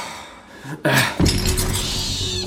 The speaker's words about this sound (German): Du hast sie direkt auf die Scherben geschleudert, spinnst du? Quatsch. Die ist da selbst reingeflogen. Du hast sie richtig geschmissen.